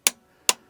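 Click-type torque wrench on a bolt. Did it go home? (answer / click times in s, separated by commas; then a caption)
yes / 0.1 s, 0.5 s. A click-type torque wrench, preset to the torque spec, is tightened on a bolt until it breaks over. Two sharp, bright clicks ring out at 0.1 s and 0.5 s, each dying away quickly. The wrench clicks at its setting, confirming the bolt has reached the set torque.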